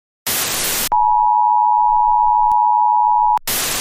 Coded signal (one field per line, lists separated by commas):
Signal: Emergency Alert System (SAME) tones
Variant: 853 and 960 Hz attention tone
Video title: EAS Scenario - WW3: Nuclear War